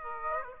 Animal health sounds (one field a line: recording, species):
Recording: mosquito wingbeat signal from an infrared sensor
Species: Aedes aegypti